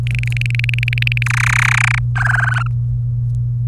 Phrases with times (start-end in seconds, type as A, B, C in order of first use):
0.07-1.23 A, 1.26-1.99 B, 2.15-2.63 C